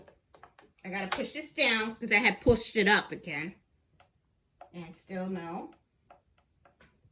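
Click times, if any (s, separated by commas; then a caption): 6.1 s. On a Brother Airflow 3000 serger, the handwheel is turned until its internal detent clicks into the aligned threading position, with a click at 6.1 s that means the parts are aligned and ready for threading. Someone talks for most of the clip, and small clicks and taps are heard before and after.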